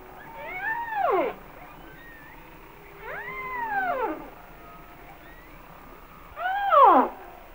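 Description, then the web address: Humpback whale song: arching harmonic moans, rising then dropping, three in a row with quiet gaps. "Whale Songs Sounds of Nature - Humpback Whales"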